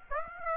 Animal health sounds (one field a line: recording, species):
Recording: mosquito wingbeat signal from an infrared sensor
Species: Aedes aegypti